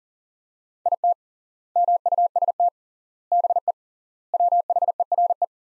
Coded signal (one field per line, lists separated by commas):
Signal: Morse code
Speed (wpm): 40 wpm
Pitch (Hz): 700 Hz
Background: none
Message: IT MUST BE WHERE